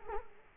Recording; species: mosquito wingbeat signal from an infrared sensor; Culex quinquefasciatus